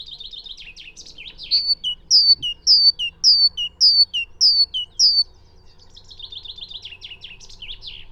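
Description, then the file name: Great tit: buzzy notes, then about seven evenly spaced two-note whistled phrases, high then lower, followed by more buzzy chattering. "Parus major"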